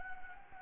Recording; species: mosquito wingbeat signal from an infrared sensor; Anopheles gambiae